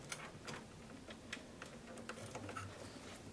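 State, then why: Not seated. A SATA 3 data cable is pushed into a motherboard SATA port, with a few soft, brief ticks and light scraping over low background noise. The cable is thought to be in all the way, but nothing has clicked yet.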